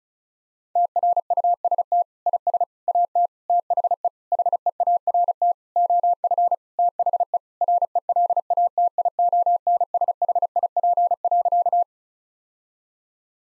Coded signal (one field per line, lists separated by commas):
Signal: Morse code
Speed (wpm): 36 wpm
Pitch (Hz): 700 Hz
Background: none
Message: TRUST IS AT THE HEART OF THE RELATIONSHIP.